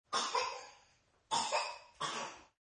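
Three short bursts of complex, medium coughing from a baby, the first two each a quick double cough, fading off between them. The coughs are fairly harsh and heard from a slight distance.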